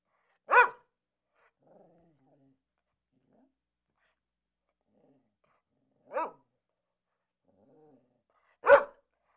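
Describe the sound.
Dog barking: three sharp single barks spaced a few seconds apart, with faint soft sounds in the quiet gaps between them.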